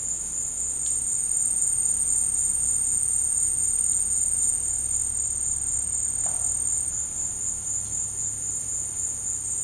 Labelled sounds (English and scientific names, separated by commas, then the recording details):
none
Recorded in secondary vegetation near Puerto Asís, Putumayo, Colombia, on 13 March 2025 at 15:30
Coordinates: 0.502, -76.326
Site G100